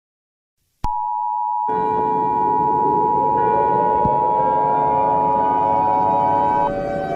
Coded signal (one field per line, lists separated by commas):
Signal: Emergency Alert System (SAME) tones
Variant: 853 and 960 Hz attention tone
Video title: Frosty the Snowman.exe | A Christmas EAS Scenario